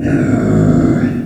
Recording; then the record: squeal of a Yucatan mini pig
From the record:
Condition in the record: after surgery on the right vocal fold (resection and tissue-engineered implant); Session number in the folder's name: 3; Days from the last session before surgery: 21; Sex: female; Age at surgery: 19 weeks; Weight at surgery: 25 kg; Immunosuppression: prednisolone